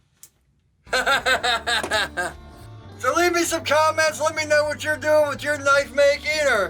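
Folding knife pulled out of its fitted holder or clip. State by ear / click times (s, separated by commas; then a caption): released / 0.2 s. A folding framelock knife is pulled out of its fitted pocket-clip holder, which slides on without any fitting work, releasing with a short, sharp click at 0.2 s. After a brief silence, someone talks over music from about 0.9 s to the end.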